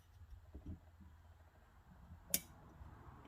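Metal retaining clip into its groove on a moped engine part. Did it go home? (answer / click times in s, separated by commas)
yes / 2.3 s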